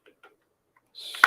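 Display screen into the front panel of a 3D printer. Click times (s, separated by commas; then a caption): 1.2 s. The display screen of a Bambu Lab P1P 3D printer is pressed onto the front of the printer. Two faint ticks come early, then a hissy rubbing builds from about 1.0 s. A sharp, loud snap at 1.3 s marks the screen seating into place.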